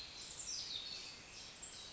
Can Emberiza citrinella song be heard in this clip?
no